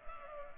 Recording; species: mosquito wingbeat signal from an infrared sensor; Culex pipiens